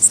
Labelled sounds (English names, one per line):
Worm-eating Warbler flight call